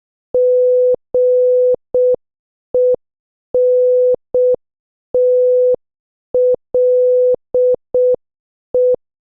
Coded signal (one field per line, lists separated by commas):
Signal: Morse code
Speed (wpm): 6 wpm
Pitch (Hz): 500 Hz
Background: none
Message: GENTLE